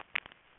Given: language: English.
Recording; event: throat vibration sensor signal played as sound; swallow